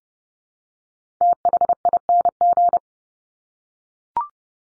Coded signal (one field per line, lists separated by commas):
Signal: Morse code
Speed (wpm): 30 wpm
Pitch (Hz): 700 Hz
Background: none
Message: THING